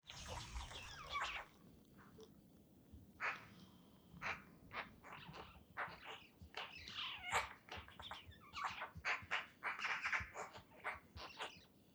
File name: Pica pica